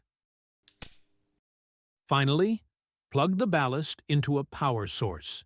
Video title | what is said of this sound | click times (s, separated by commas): How to Install the HQUA TWS Series UV Water Purification System | Gently push the lamp and ballast assembly into the chamber until you hear a click. | 0.8 s